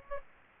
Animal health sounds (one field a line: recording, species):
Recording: mosquito wingbeat signal from an infrared sensor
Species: Aedes aegypti